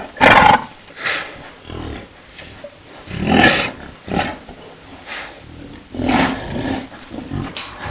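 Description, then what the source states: Yak grunting in deep, rough bursts, coming in an uneven series with short pauses between. Bull yak.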